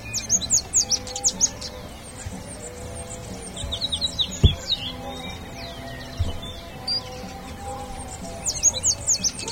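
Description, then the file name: Bird calls, busy high chirping at the start and end, with a quieter stretch of scattered notes and a sharp tap in between. "SABIOD 50 bird 2015"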